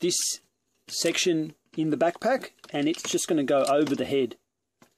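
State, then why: Not seated. Someone talks while handling the plastic backpack section of a Warbotron WB01-C Sly Strike transforming figure, swinging it over the figure's head toward its chest, where it is meant to snap into place. Near the end, after the talking stops, there are two faint, brief sounds at about 4.8 and 5.0 seconds. Nothing has seated or clicked yet.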